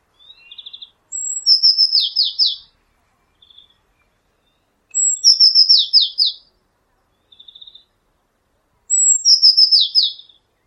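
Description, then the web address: Eurasian blue tit calling three times, each a piercing high note then a burst of falling buzzy notes, with brief soft trills in between. "cianscape birddata Deverinetal 2025 File origin Bird Only Cy Ca"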